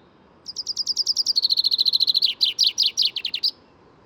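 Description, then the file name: Common chaffinch song, about three seconds long: a fast, even trill of sweet notes falling gradually, then several slower notes and a final emphatic flourish. "Fringilla coelebs"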